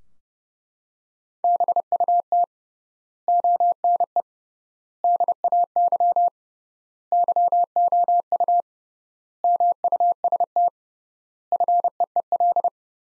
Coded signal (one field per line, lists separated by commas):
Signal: Morse code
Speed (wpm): 30 wpm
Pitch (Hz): 700 Hz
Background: none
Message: BUT ONE DAY YOU MUST FEEL